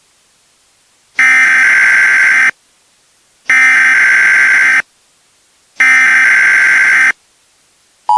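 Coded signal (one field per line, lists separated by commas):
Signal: Emergency Alert System (SAME) tones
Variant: header bursts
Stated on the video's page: Compilation of six homemade EAS scenario videos, fictional alerts.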